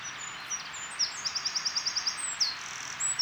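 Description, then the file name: Eurasian wren singing high thin notes, then a rapid rattling trill of even, piercing notes, followed by a few sharp chips, over a soft hiss. "Troglodytes troglodytes"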